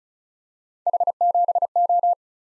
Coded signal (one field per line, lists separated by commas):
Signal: Morse code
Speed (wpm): 36 wpm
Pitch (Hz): 700 Hz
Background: none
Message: H7O